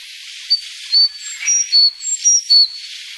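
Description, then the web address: Sakhalin leaf warbler singing high, thin whistled notes that alternate up and down in pitch, about seven notes in under three seconds. "sikioto. ezomushikui"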